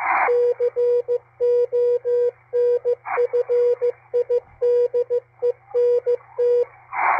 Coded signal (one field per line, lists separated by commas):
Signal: Morse code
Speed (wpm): 15 wpm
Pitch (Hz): 480 Hz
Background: radio noise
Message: CONFIDENT